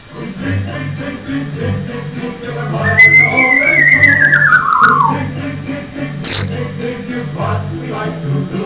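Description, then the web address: Grey parrot giving a long clear whistle that slides downward over about two seconds, then a sharp high squeak, over a steady low hum and background clatter. "african grey sounds"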